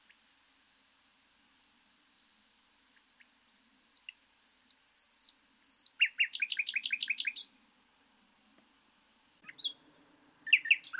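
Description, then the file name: Common nightingale song: soft whistled notes, then a loud rapid series of repeated sharp notes, a pause, and a final burst of high whistles and chattering phrases. "Luscinia megarhynchos"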